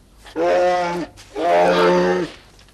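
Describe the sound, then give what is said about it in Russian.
Two long, loud roars of a bear that has climbed to the top of a ladder, each about a second, with a deep harmonic growl and a short pause between them. “Медведь поднялся до верха лестницы.”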